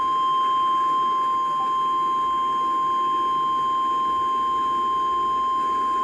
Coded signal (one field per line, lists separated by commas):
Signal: Emergency Alert System (SAME) tones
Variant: 1050 Hz attention tone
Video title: SLIGHTSANITY 6: PDS SLIGHT - EAS Alerts From 4/11/24 (EAS #1596-1611)